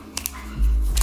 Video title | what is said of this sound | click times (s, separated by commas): How to Make PowerCon Cables RCF NXL 24 A & Sub 8005 AS | em you hear that clicking I make my stuff real tight because I don't want this thing coming loose at all | 0.2 s, 0.3 s, 1.0 s